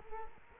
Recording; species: mosquito wingbeat signal from an infrared sensor; Culex quinquefasciatus